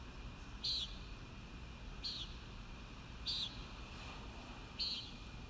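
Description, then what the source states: Common nighthawk calling a harsh, buzzy peent four times, with constant low-pitched noise underneath. Recorded at Kissimmee on 1 May 2019.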